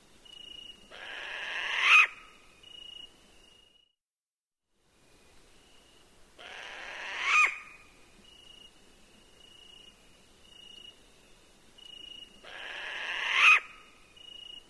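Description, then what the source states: Hawaiian short-eared owl giving harsh, breathy rasping calls about a second long, repeated roughly every five to six seconds, over a faint steady high tone. Hawaiian short-eared owl, known locally as pueo, in Hawaii.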